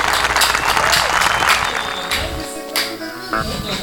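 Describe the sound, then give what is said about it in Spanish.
A burst of audience applause, dense and steady hand-clapping with crowd noise that stays loud throughout, with some voices mixed in underneath. “Un aplauso para Joe.”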